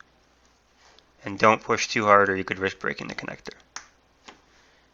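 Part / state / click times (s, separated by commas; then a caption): taptic engine connector into logic board socket / seated / 3.8 s. Someone talks while the taptic engine flex cable connector is pressed with even pressure onto its socket on the logic board of an iPhone 7 Plus during a battery replacement. A sharp snap is heard at 3.8 s as the connector seats in its socket.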